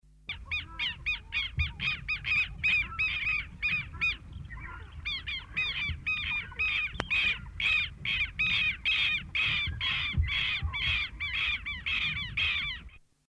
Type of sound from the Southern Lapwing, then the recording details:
call. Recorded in captivity. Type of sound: call. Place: Zoo London, GB. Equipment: Halbspur, 9,5 cm/s. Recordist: Lütgens, Hans. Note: Rufe